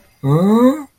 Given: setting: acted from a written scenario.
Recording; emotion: vocal sound without words; negative surprise